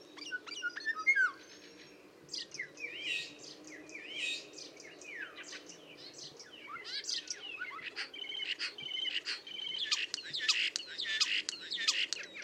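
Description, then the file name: Common starling producing a rambling mix of slurred whistles, wheezes and clicks that grows busier and louder over the second half. "Storno"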